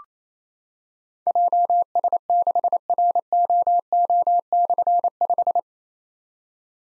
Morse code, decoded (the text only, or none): JS6ROO/5